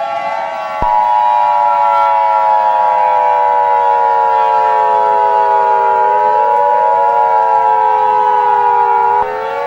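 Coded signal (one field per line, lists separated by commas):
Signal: Emergency Alert System (SAME) tones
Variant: 853 and 960 Hz attention tone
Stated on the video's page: Fictional Emergency Alert System scenario that uses real EAS tones; simulated alert.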